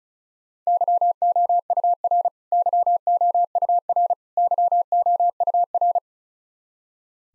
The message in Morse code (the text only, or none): YOUR YOUR YOUR